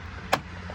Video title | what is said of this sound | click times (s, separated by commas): Silverado 2500 2015 here is Kyle changes a battery as I assisted/videoed | Oh, we didn't snap that, I just did. | 0.3 s